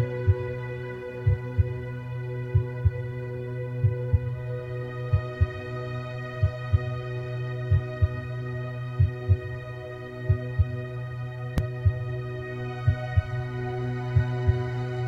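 Slow, steady lub-dub heartbeat, about 46 beats a minute, over a continuous low humming drone.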